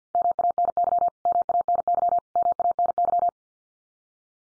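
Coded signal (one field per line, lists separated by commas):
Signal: Morse code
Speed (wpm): 50 wpm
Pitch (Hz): 700 Hz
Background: none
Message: MANY MANY MANY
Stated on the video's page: Head-copy drill of the 500 most common English words at 50 wpm, each word sent three times in Morse, spoken, then sent again.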